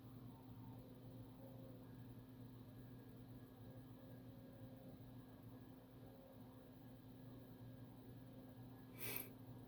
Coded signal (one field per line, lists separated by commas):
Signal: FT8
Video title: FT-8 on 80 meters at 0300 in the morning working Asia and north America from the west coast.